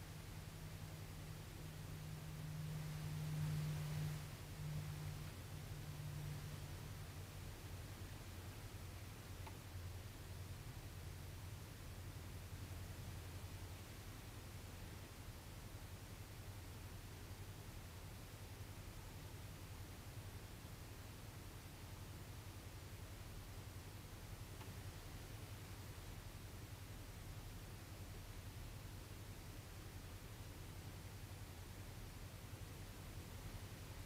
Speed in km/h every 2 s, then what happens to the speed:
0, 0, 0, 0, 0, 0, 0, 0, 0, 0, 0, 0, 0, 0, 0, 0, 0.
0-34 standing.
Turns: none.